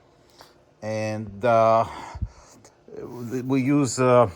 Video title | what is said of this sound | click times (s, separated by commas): SEWPRO 273-6040 automatic sewing machine, diamond stitch, heavy thread | and let's just do it so it has a system that that locks in place | 0.4 s